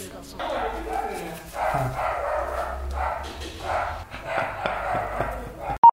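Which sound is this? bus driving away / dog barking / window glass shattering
dog barking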